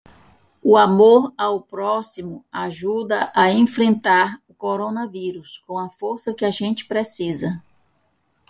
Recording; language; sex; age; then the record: spoken sentence; Brazilian Portuguese; female; 50 to 59 years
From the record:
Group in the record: control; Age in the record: 56 years